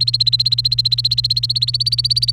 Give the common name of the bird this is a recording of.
Domestic Canary